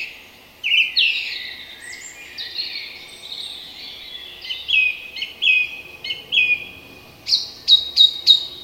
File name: turdus philomelos